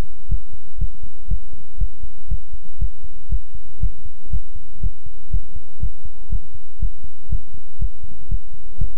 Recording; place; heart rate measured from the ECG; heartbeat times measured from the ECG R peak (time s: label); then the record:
heart sounds by stethoscope; between the tricuspid and mitral areas; 120 bpm
0.29 s: heartbeat
0.78 s: heartbeat
1.28 s: heartbeat
1.78 s: heartbeat
2.28 s: heartbeat
2.79 s: heartbeat
3.29 s: heartbeat
3.80 s: heartbeat
4.30 s: heartbeat
4.81 s: heartbeat
5.31 s: heartbeat
5.80 s: heartbeat
6.29 s: heartbeat
6.79 s: heartbeat
7.29 s: heartbeat
7.79 s: heartbeat
8.29 s: heartbeat
8.78 s: heartbeat
From the record:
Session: pedaling a stationary bicycle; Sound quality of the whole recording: good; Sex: male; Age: 24 years